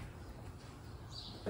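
A jumper wiring harness connector is handled at a motorcycle's audio wiring after an earlier try that didn't go in far enough. Only a low, steady background hum is heard, with a brief louder sound at the very end. The connector has not seated or clicked yet.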